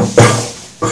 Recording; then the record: coughing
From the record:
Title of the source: Cough Around the Clock!